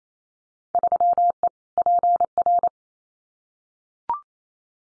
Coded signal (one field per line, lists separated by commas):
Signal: Morse code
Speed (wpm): 28 wpm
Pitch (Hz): 700 Hz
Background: none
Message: 3E PR